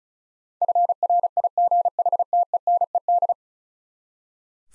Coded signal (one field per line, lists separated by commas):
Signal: Morse code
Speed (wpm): 36 wpm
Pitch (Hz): 700 Hz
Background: none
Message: FRIGHTENED